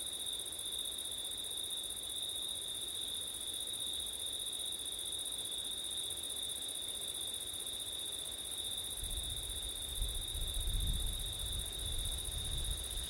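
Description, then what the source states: Continuous high cricket trilling, joined in the last seconds by low rumbling gusts of wind. Crickets on a September night in wind, recorded with an ORTF stereo setup.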